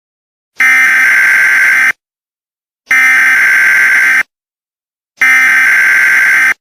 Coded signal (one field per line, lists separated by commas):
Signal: Emergency Alert System (SAME) tones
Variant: header bursts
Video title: EAS- Real time nuclear attack